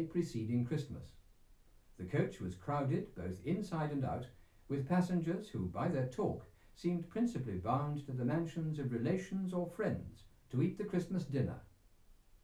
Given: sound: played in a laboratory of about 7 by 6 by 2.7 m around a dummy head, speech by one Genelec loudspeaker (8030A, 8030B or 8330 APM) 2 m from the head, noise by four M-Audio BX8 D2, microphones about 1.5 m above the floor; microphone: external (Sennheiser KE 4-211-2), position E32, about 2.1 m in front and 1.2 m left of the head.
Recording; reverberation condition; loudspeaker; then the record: male speech in English; low; 60 degrees to the right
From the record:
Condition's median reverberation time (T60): about 310 ms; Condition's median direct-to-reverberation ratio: about 3.5 dB